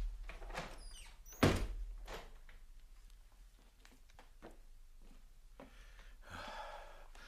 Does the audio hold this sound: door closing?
yes